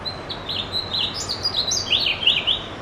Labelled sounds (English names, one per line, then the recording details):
House Finch song
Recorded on Long Island, New York, on 21 June 2011
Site IT
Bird C